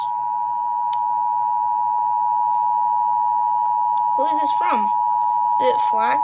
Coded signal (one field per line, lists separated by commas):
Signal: Emergency Alert System (SAME) tones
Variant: 853 and 960 Hz attention tone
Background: speech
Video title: FFW | EAS #269